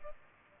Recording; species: mosquito wingbeat signal from an infrared sensor; Aedes aegypti